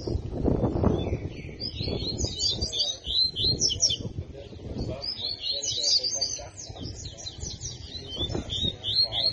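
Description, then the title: Double-collared seedeater song: rapid high twittering phrases, buzzy and slurred, repeated throughout over a low rumbling background. Song in the tui tui style; the bird is described as fibra. "COLEIRO DE GOLA TUI TUI FIBRA"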